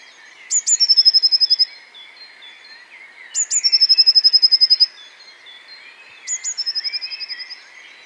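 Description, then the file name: Eurasian blue tit sings three phrases, each a couple of sharp, very high notes followed by a fast, even trill, repeated about every three seconds. "Cyanistes caeruleus"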